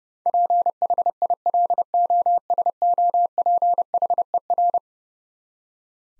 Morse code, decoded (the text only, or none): PHILOSOPHER